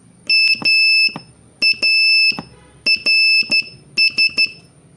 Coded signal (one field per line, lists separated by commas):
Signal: Morse code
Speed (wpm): 11 wpm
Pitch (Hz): 2650 Hz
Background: none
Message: MARS